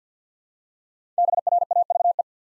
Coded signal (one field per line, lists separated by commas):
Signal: Morse code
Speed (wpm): 54 wpm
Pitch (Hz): 700 Hz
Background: none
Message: BRAVE